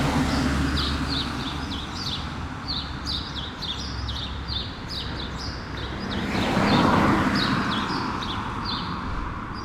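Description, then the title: Sparrows calling with rapid, repeated chirps throughout, while a car swells past partway through and traffic noise hums underneath. Sparrows on Rue Keyenveld, Ixelles, Brussels, Belgium, with cars passing; Lom Usi Pro microphone into a Zoom F6 recorder. "Rue Keyenveld, Ixelles, Bruxelles-Capitale, Belgique - Sparrows - moineaux"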